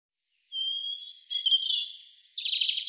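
European robin song opening with a long, thin, steady whistled note, then breaking into jangling, high warbles and a fast shimmering trill at the end.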